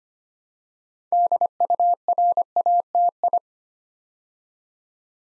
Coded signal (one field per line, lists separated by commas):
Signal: Morse code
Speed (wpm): 25 wpm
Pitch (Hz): 700 Hz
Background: none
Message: DURATI